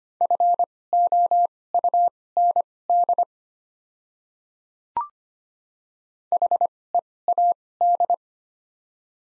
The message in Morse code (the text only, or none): FOUND HEAD